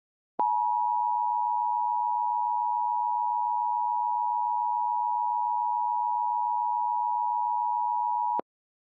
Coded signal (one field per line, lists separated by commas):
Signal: Emergency Alert System (SAME) tones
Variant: 853 and 960 Hz attention tone